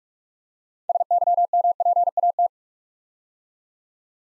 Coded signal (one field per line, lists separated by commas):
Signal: Morse code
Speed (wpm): 44 wpm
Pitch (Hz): 700 Hz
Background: none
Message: SYMPAT